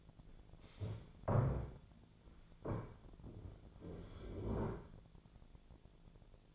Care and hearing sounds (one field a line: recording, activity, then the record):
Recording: daily activity, microphone in the room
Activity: stand up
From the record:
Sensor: 5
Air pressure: 1008.2 hPa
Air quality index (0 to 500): 153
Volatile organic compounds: 3 ppm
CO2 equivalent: 1473 ppm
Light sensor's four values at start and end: 59/165/64/64 and 59/165/64/64